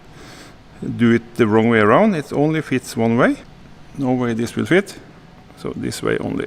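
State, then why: Not seated. A motor wiring connector is handled at the plastic socket of a VOLspeed tuning chip for a Bosch Gen 4 eBike, a socket it only fits one way. Someone talks throughout over a low steady background hum. Nothing has seated or clicked yet.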